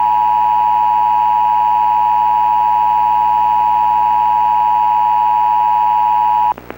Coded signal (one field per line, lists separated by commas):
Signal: Emergency Alert System (SAME) tones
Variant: 853 and 960 Hz attention tone